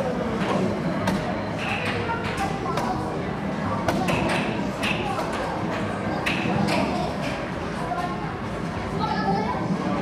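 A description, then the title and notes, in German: Inside a busy gaming arcade, a dense, constant wash of crowd chatter and machine noise fills the room. Sharp clicks, taps and thumps from the games pop out every second or so, with brief bright electronic tones rising above the steady low rumble. Klangreise in eine euphorische Gaming Arcade. Automaten, spielende Menschen.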